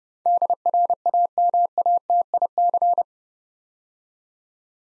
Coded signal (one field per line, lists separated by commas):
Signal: Morse code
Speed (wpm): 29 wpm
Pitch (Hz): 700 Hz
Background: none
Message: DRAMATIC